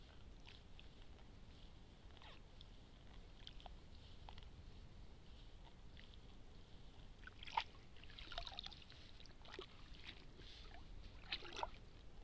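Rice seedlings are being pulled from a flooded nursery bed and bundled with straw. Soft splashing and squelching in shallow water come in short, irregular bursts, busier after about seven seconds, over a steady low rumble.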